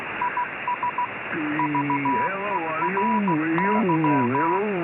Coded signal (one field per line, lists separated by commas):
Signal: Morse code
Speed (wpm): 16 wpm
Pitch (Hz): 980 Hz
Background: speech, radio noise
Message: IS VERY